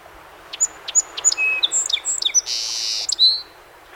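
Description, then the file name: Song sparrow song: three sharp introductory notes, then a jumble of varied chips and whistles, a loud buzzy burst, and a final slurred whistled note. Recorded 7 June 2018; 21 songs. "2018-06-07 SOSP 21 Songs"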